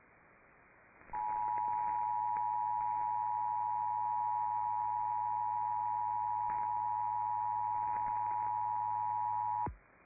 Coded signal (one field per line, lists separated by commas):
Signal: Emergency Alert System (SAME) tones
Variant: 853 and 960 Hz attention tone